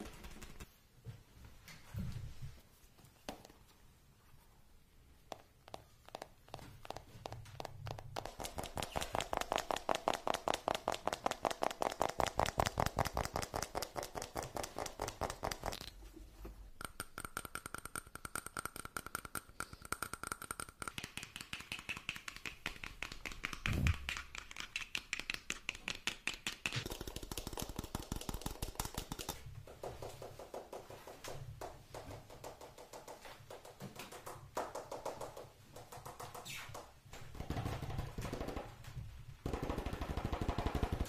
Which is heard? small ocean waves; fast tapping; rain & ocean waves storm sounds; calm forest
fast tapping